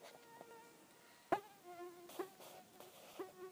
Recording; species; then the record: mosquito flight sound by mobile phone; Aedes sierrensis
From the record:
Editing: cut to the mosquito's sound